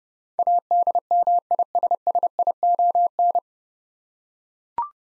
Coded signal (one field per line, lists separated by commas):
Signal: Morse code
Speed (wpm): 30 wpm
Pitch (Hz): 700 Hz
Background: none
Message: ADMISSION